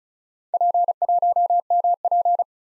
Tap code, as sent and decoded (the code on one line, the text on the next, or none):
none